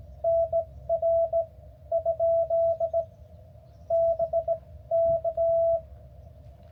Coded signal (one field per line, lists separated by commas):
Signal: Morse code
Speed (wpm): 18 wpm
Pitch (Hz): 660 Hz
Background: none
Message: NR ? BK